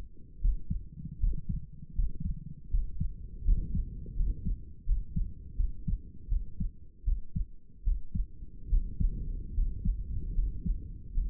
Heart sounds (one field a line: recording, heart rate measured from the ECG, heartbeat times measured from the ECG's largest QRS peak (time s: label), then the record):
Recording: heart sounds by stethoscope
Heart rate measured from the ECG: 78 bpm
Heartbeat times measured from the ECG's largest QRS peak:
0.40 s: heartbeat
1.19 s: heartbeat
1.94 s: heartbeat
2.70 s: heartbeat
3.44 s: heartbeat
4.16 s: heartbeat
4.85 s: heartbeat
5.56 s: heartbeat
6.28 s: heartbeat
7.04 s: heartbeat
7.83 s: heartbeat
8.69 s: heartbeat
9.54 s: heartbeat
10.34 s: heartbeat
11.13 s: heartbeat
From the record:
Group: healthy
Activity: rest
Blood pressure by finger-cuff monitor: 108/71 mmHg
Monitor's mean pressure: 79 mmHg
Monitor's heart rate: 80 bpm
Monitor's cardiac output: 6.5 L/min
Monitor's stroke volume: 80 mL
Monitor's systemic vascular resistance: 910 dyn s/cm5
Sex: male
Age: 35 years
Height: 180 cm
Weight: 86.9 kg